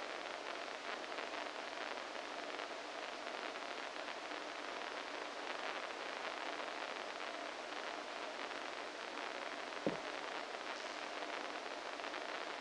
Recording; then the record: brain microelectrode recording played as sound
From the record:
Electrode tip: inside the subthalamic nucleus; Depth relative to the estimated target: -1 mm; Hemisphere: right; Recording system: NeuroSet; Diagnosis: Parkinson's disease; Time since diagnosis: 14 years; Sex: male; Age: 51 years